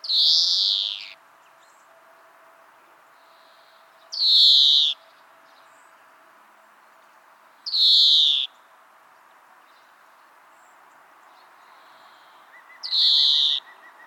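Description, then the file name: European greenfinch repeating a harsh buzzy wheeze four times, a few seconds apart. "Chloris chloris"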